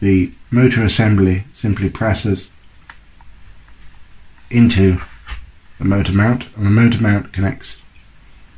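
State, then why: Not seated. Someone talks while handling the small geared motor assembly of a balsa free-flight model plane, about to push it through the hole in the 3D-printed plastic motor mount. Brief, faint handling taps come in the pause between the speech, around 2.9 s, 3.2 s and 3.7 s. The motor has not yet seated or clicked into the mount.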